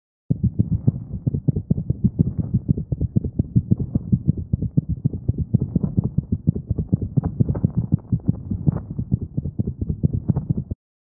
Atrial fibrillation from a cat. Also occurs with long-standing cardiomyopathy in cats.